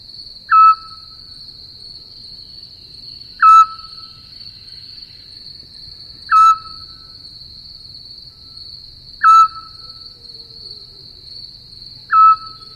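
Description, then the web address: Eurasian scops owl repeating a short plaintive whistle five times at steady intervals of about three seconds, while insects keep up a steady shrill drone. "sova splyushka"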